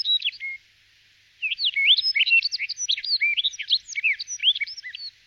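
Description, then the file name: Rustic bunting song: the end of one warbled phrase, then a pause, then a longer rapid run of sweet, jumbled high notes. "Canto da escrevedeira rustica"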